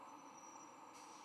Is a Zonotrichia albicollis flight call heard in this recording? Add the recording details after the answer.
no. No flight call is heard. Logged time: 03:59 on 6 November 2014